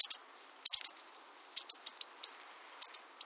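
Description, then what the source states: Bushtit twittering: high, thin chips in quick small clusters, repeated in short bursts throughout against a silent background. Spring, when the flocks have broken up into pairs for nesting; they gather spider webs and moss for pendulous nests.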